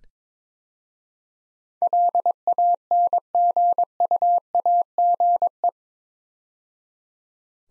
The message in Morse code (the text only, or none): LANGUAGE